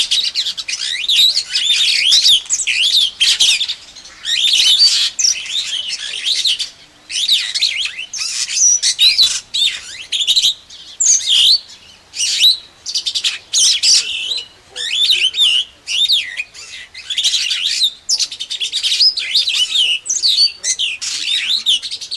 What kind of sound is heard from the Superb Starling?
song